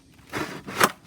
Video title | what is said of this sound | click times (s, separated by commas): Cleaning Pool Filter | you're gonna turn it until you hear it click hear the click lock | 0.8 s